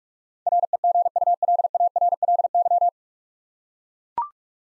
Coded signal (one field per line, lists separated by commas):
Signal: Morse code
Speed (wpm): 44 wpm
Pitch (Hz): 700 Hz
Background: none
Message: REGULARLY